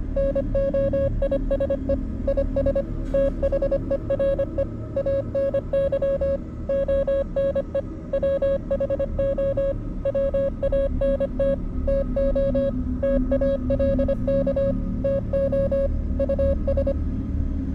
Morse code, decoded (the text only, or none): NOISE IS THERE ANY ONE WHO WANT TO TALK TO US